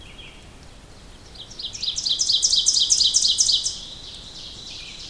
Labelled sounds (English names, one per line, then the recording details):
Ovenbird song
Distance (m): 10 m
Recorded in boreal forest in Alberta, Canada, on 2 June 2016 at 07:39
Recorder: SongMeter 3, array SBT-3-7
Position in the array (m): 46 m, 152 m
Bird 4